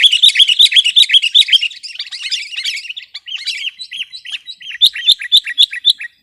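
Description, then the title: Sooty-headed bulbul chattering song: loud, rapid chirpy notes that ease into softer, spaced whistled notes, with a brief pause near the middle. "kutilang"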